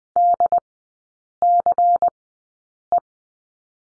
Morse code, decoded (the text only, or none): DCE